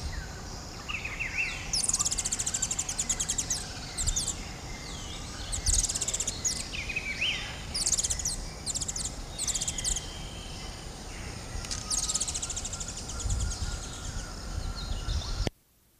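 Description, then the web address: Mango repeatedly uttering dense, high-pitched chittering bursts, with other birds' lower slurred whistles beneath and constant background noise. "mango hummingbird"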